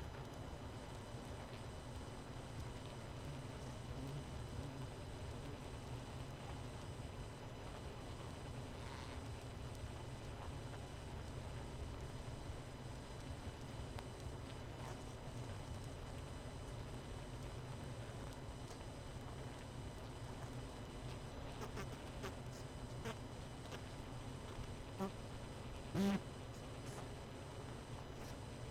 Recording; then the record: honeybee colony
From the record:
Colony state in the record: missing queen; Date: 31 May 2018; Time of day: 20:03